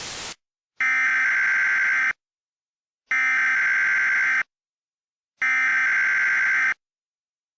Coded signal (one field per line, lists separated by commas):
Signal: Emergency Alert System (SAME) tones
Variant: header bursts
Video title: EAS Mock 30: Descent